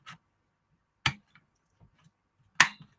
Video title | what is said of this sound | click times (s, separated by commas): Installation Of An ESU Loksound v5 Sound Decoder ~ YTT S4 - E13 | on correctly and the right way around and gently you'll hear it click | 1.1 s, 2.6 s